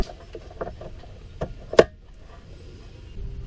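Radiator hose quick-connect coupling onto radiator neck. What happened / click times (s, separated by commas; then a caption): The hose coupling clicked home onto its neck / 1.8 s. The plastic quick-connect coupling of a BMW 330Ci's second radiator hose, the lower one, with its spring clip left in place, is pushed onto the radiator neck during a water pump and radiator replacement. A few soft knocks and rustles lead to a sharp, loud click at 1.8 s, and the coupling seats home.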